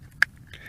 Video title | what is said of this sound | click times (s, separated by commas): DRONE Spider X2 | so once you put this in here in the back it'll click into place | 0.2 s